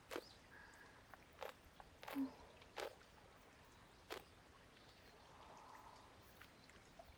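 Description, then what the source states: Misaki horse feeding on grass: crisp tearing and chewing crunches at irregular intervals against a soft, steady outdoor background. Misaki horses grazing on grass in Japan.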